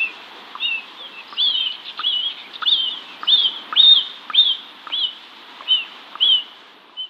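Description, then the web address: Black vulture nestling calls, a series of high, thin, slurred wheezy notes repeated at short intervals. "Schulze Peter Black Vulture nestling"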